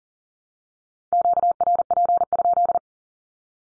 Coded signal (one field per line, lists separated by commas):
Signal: Morse code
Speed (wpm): 40 wpm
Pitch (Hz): 700 Hz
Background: none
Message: QRP?